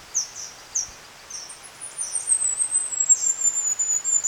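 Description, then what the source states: Bird song of very high, thin chirps repeated in quick bursts, then a long drawn-out whistle gliding slowly downward over softer twittering. Recorded in Ecuador, South America.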